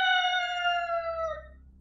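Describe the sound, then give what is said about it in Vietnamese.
A single rooster crows outside, a long, bright, reedy call that holds a steady pitch before sagging and trailing off at the end. “Bên ngoài gà đã bắt đầu gáy.”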